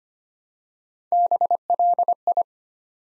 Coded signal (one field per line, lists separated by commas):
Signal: Morse code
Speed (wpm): 25 wpm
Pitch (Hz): 700 Hz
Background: none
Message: BLI